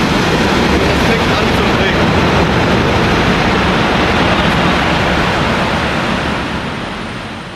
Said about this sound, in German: Jetzt öffnet der Kugelschieber. Das Hydraulik, die sich gleich öffnet. Das dauert so circa 32 Sekunden. Dann ist der Kugelschieber geöffnet.